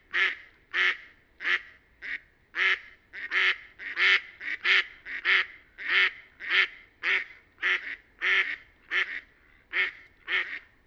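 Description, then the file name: Mallard giving a long, steady run of many harsh, nasal quacks, spaced fairly evenly at well under a second apart, with no other clear sounds. "Didžioji Antis Mallard - Anas platyrhynchos"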